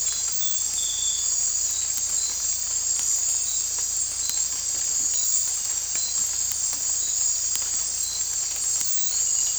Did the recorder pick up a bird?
no